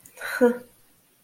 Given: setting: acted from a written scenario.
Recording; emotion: vocal sound without words; contempt